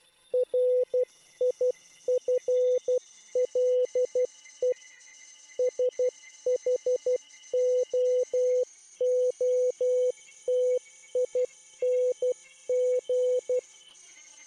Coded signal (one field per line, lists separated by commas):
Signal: Morse code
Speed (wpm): 12 wpm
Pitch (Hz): 500 Hz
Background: none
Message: RIFLE SHOOTING